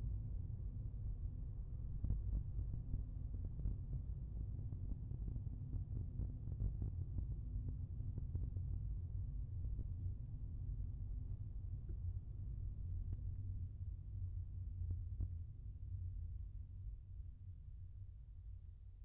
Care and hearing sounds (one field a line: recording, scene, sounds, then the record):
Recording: everyday scene through a hearing-aid microphone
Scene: in a vehicle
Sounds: engine, rumble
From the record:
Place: Skoda Fabia, gasoline engine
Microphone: behind the ear, left, front